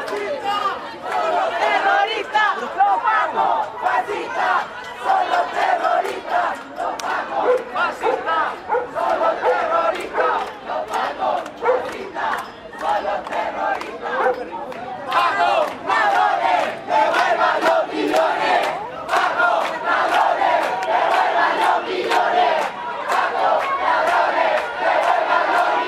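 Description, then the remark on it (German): An angry protest crowd in Chile chants loudly and continuously against the police, who used water cannons and tear gas, many voices shouting in rough rhythmic bursts, with sharp cries and a dog barking now and then beneath the din. “Es folgten wütende Sprechchöre gegen die Cops.”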